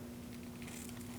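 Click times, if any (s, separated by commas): none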